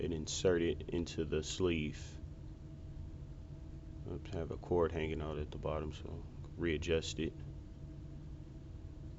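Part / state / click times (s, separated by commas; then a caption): aftermarket car radio into dash mounting sleeve / not seated / none. A new aftermarket car radio head unit is being fitted into its metal dash-kit sleeve while someone talks, as a cord hanging out the bottom is readjusted and the radio is lined up before sliding in. Low handling noise sits under the talk, and the radio has not seated or clicked yet.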